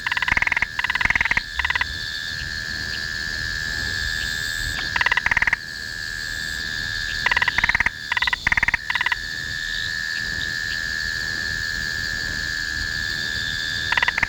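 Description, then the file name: Spotted marsh frog giving clusters of sharp clicking taps, repeated in bursts every few seconds, above a constant high-pitched buzzing chorus. "Limnodynastes tasmaniensis"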